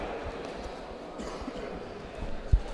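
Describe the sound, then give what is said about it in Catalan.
A hard pilota ball thuds against a stone floor with one sharp, loud bounce near the end, after softer low knocks, over a steady murmur of crowd noise, during a 2014 raspall Pilota Valenciana final in Genovés. “La bota també la pedra, a veure quin efecte fa.”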